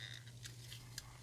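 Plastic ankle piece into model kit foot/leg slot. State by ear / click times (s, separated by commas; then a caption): not seated / none. A plastic ankle piece of a large MEGA SIZE RX-78-2 model kit is pushed into its foot/leg slot, expected to snap into place. Over a steady low hum there are faint scraping, rubbing sounds and one short sharp tick at about 1.0 s. Nothing has seated or clicked yet: the piece fails to snap in because the slots need to be made slightly wider.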